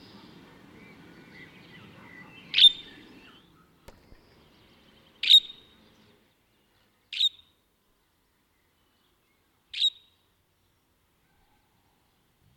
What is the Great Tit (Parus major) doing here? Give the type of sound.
begging call